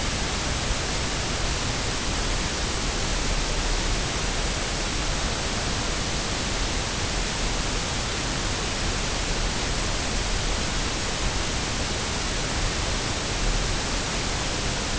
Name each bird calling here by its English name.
none